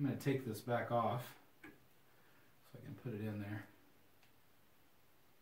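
Someone talks while handling a molded plastic accessory, taking it back off so it can go into its socket on a Sideshow Collectibles Batman Returns Catwoman Premium Format statue. Two faint handling ticks sound at about 1.6 s and 4.2 s between the speech. Nothing has seated or clicked yet.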